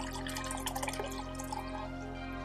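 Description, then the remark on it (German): A drink is poured into a glass for a tasting, a quick splashing trickle with a few brighter drips over a steady low hum, and no one speaks. “Oh, erstmal kurz ins Glas gepinkelt.”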